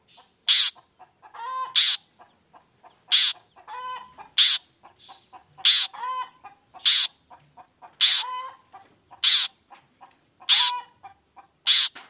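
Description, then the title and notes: Long-tailed shrike repeating grating, scratchy bursts at a steady pace, interleaved with lower nasal, harmonic calls. Cendet heard singing in the morning in a varied 'toet toet' style; the recording is meant to stimulate reluctant shrikes to join in and sing. "Cendet Gacor Dor Di Kala Pagi Toet Toet Variasi Suara. Cendet Gacor Di Pagi Hari Rangsangan Emosi Cendet Malas Bunyi Supaya Secepatnya Ikutan Bunyi. Burung cendet"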